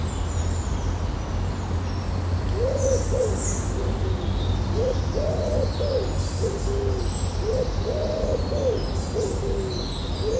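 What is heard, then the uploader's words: Woodland birds give sparse, bright chirps over a run of soft, low hooting calls, with a steady rumble underneath throughout. Start the day in a wild woodland. It's early morning and as the sun breaks through the canopy of leaves and the wrens, blue tits, robins begin their cheerful chatter. Recorded by Jack Bateman, presented by Hannah Tribe.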